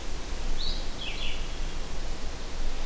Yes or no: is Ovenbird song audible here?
no